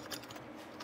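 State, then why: Not seated. While loading a 16mm Bolex movie camera, a father takes up the film slack and works the film take-up spool toward its seat. Faint, quiet ticking and mechanical handling sounds are heard throughout. The spool has not clicked into place or seated yet.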